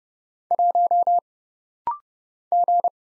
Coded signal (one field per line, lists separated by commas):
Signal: Morse code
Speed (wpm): 30 wpm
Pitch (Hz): 700 Hz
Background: none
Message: 1 G